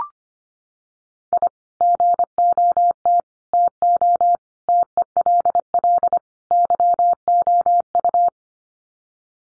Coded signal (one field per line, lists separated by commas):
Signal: Morse code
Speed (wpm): 25 wpm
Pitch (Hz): 700 Hz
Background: none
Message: I GOT TO TELL YOU